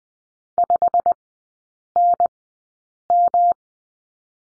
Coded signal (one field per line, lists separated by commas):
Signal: Morse code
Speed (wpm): 20 wpm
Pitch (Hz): 700 Hz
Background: none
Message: 5NM